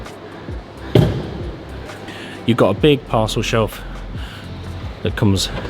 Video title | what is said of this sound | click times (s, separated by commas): 2022 Volkswagen ID Buzz - **FULL TOUR** | which pops out at the bottom there and just locks into place | 1.0 s